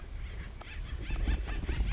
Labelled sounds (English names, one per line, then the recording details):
Acorn Woodpecker
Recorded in Sonoma County, California